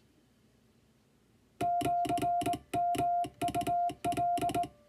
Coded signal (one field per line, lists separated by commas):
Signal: Morse code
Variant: Japanese Wabun code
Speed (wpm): 20 wpm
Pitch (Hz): 700 Hz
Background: music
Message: シヨウカ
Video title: 【モールス通信】船舶通信士のコスプレで１６３字の和文電報を縦振り電鍵で叩いています。無線従事者国家試験の電気通信術の練習電文です。（一財）情報通信振興会様の和文電報練習帳を使用させて頂いております。